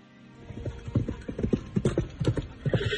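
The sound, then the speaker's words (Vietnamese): A busy clatter of many heavy footsteps from a group of government soldiers outside an inn, in an uneven, overlapping rhythm, growing louder in the first second and then staying steady, with no voices. “Đúng vào lúc này, ở bên ngoài vang lên tiếng bước chân ồn ào.”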